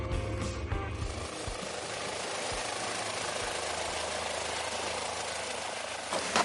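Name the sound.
helicopter flying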